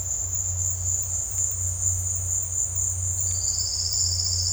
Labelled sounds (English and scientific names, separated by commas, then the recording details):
none
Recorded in dense forest near Puerto Asís, Putumayo, Colombia, on 8 March 2025 at 15:30
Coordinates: 0.468, -76.322
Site GP01